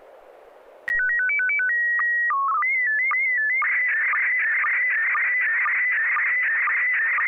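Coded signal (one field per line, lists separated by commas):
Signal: SSTV (slow-scan television)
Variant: PD 120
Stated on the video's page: Weekly amateur SSTV net on a 441.300 MHz FM repeater, images exchanged using MMSSTV software.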